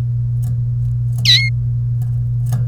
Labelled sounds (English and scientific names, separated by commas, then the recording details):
Domestic Canary (Serinus canaria) song
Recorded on 1 May 2018 at 14:00
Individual llb3